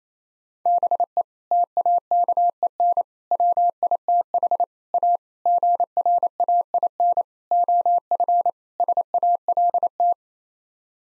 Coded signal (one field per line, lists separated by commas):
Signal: Morse code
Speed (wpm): 28 wpm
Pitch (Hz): 700 Hz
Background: none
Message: BE TAKEN WITH A GRAIN OF SALT